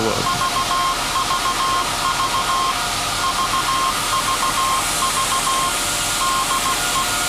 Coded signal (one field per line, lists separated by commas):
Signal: Morse code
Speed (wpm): 16 wpm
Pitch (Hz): 1060 Hz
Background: none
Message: VVV VVV DE